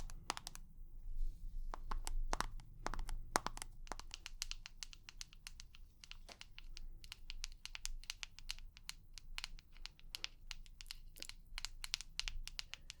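Tapping in quick, uneven bursts of sharp clicks that continue throughout, denser after four seconds, over a low rumbling hum that fades early on.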